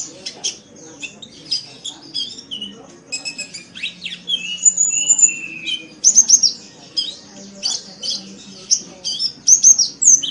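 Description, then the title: Oriental magpie-robin pouring out a varied song of high whistles, downward slurs and chattering notes. "Kicau Kacer"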